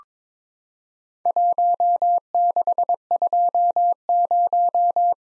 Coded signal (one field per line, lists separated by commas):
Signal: Morse code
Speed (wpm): 21 wpm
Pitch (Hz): 700 Hz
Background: none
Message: 1620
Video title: Worked All Europe DX Contest QTC Exchange with Repeats 22wpm